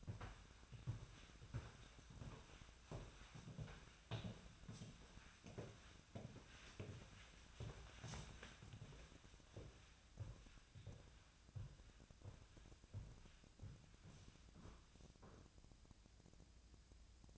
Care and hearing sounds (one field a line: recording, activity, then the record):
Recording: daily activity, microphone in the room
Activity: walk to room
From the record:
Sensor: 2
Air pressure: 1010.0 hPa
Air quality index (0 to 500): 174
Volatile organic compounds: 9 ppm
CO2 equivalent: 2181 ppm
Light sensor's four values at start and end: 33/82/35/39 and 36/89/38/43